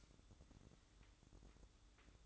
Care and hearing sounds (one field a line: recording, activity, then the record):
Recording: daily activity, microphone in the room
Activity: light off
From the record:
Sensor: 3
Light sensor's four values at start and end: 11/26/11/11 and 11/26/11/11